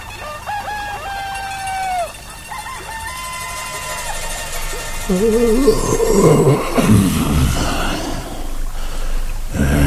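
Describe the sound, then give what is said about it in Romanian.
Several roosters crow in turn at night, their long, wavering calls rising and falling, followed by a louder, rougher stretch of mixed crowing and clucking noise. “Cântă cocoșii în mielul nopții.”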